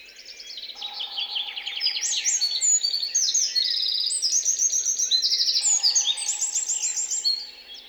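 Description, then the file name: Eurasian wren song, an extended torrent of high, rapid trills and sharp chattering notes lasting about seven seconds, over a faint low humming tone. "Troglodytes troglodytes"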